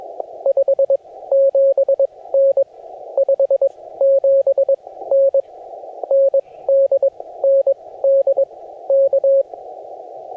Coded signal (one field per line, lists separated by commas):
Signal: Morse code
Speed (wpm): 20 wpm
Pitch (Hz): 550 Hz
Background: radio noise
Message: 57N 57N ND ND K